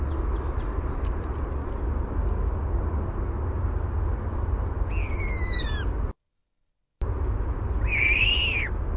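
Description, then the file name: European starling mimicry: faint ticking notes, then a loud slurred whistle with harmonics that arches and falls, a short silence, and a second similar arched whistle. Low rumble beneath. Male giving warbled song with mimicry. "EUST warbledsong"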